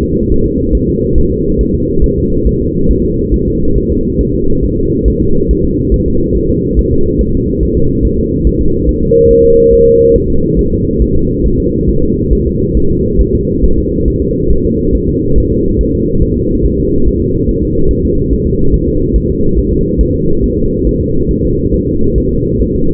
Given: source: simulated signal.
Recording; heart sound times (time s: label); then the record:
fetal heart sounds
0.03 s: S2
0.32 s: S1
0.46 s: S2
0.75 s: S1
0.89 s: S2
1.18 s: S1
1.32 s: S2
1.61 s: S1
1.75 s: S2
2.04 s: S1
2.18 s: S2
2.47 s: S1
2.61 s: S2
2.91 s: S1
3.05 s: S2
3.34 s: S1
3.48 s: S2
3.78 s: S1
3.92 s: S2
4.21 s: S1
4.35 s: S2
4.64 s: S1
4.79 s: S2
5.08 s: S1
5.22 s: S2
5.51 s: S1
5.65 s: S2
5.94 s: S1
6.08 s: S2
6.37 s: S1
6.51 s: S2
6.79 s: S1
6.93 s: S2
7.21 s: S1
7.35 s: S2
7.63 s: S1
7.77 s: S2
8.05 s: S1
8.19 s: S2
8.47 s: S1
8.61 s: S2
8.89 s: S1
9.03 s: S2
9.31 s: S1
9.45 s: S2
9.73 s: S1
9.88 s: S2
10.16 s: S1
10.30 s: S2
10.59 s: S1
10.73 s: S2
11.02 s: S1
11.16 s: S2
11.46 s: S1
11.60 s: S2
11.89 s: S1
12.03 s: S2
12.33 s: S1
12.47 s: S2
12.77 s: S1
12.91 s: S2
13.21 s: S1
13.35 s: S2
13.64 s: S1
13.78 s: S2
14.08 s: S1
14.22 s: S2
14.51 s: S1
14.66 s: S2
14.95 s: S1
15.09 s: S2
15.38 s: S1
15.52 s: S2
15.81 s: S1
15.95 s: S2
16.23 s: S1
16.37 s: S2
16.66 s: S1
16.80 s: S2
17.08 s: S1
17.22 s: S2
17.49 s: S1
17.63 s: S2
17.91 s: S1
18.05 s: S2
18.33 s: S1
18.47 s: S2
18.74 s: S1
18.88 s: S2
19.16 s: S1
19.30 s: S2
19.58 s: S1
19.73 s: S2
20.01 s: S1
20.15 s: S2
20.44 s: S1
20.58 s: S2
20.87 s: S1
21.01 s: S2
21.31 s: S1
21.45 s: S2
21.74 s: S1
21.88 s: S2
22.18 s: S1
22.32 s: S2
22.61 s: S1
22.76 s: S2
From the record:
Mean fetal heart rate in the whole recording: 140 bpm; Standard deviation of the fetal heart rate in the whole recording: 2 bpm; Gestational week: 34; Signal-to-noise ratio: -16.4 dB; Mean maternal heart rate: 72 bpm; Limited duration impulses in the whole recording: present